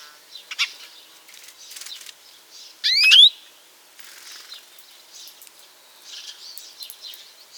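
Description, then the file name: European greenfinch call: a single nasal, rising wheeze lasting under half a second, with faint high chirps from other small birds scattered before and after. "Chloris chloris"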